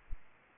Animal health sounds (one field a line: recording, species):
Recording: mosquito wingbeat signal from an infrared sensor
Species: Aedes aegypti